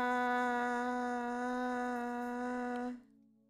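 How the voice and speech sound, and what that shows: A steady, sustained 'ah' with a clear harmonic voice lasting about three seconds, from a girl with a very rare speech disorder that makes speaking impossible; she can make only basic vowel-like sounds, not words or sentences, and this 'ah' carries the pitch and quality of her voice.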